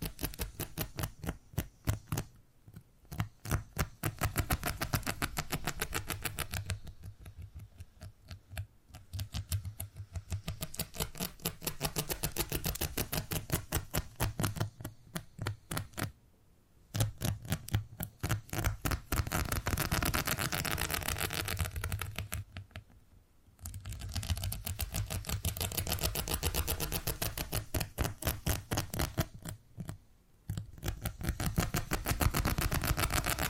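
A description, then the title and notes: Rapid purring made of dense regular ticks with a low rumble, broken by brief pauses every few seconds throughout. ASMR Brain Tingly Purring Triggers for Sleep (No Talking).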